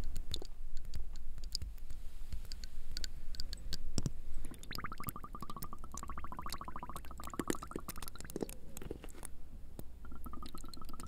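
Water drops fall and sprayers hiss in a dense, busy stream of wet clicks and splashes. After about four seconds the sound settles into rapid, regular ticking pulses with a steady watery hum beneath. Short squishy liquid bursts break in near eight seconds.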